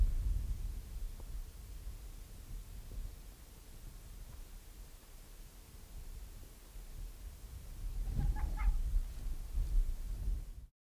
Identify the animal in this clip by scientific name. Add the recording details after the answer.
Vulpes lagopus. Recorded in the wild. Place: Insel Mednyi, Kommandeur-Inseln, RU. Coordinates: 54.5167, 168.083. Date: 1999-07-12 17:42. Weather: bedeckt, 10°C, schwacher Westwind. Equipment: Sony WM-D6C, Sennheiser MKH 40, Windkorb, Kopie Sony TCD-D8. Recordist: Frommolt, Karl-Heinz. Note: Südosten der Insel, Geröllfeld: eine Bellstrophe eines unmarkierten Polarfuchses (Alopex lagopus). Entfernung 10 m